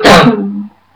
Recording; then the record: coughing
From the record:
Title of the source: Barking cough - # 10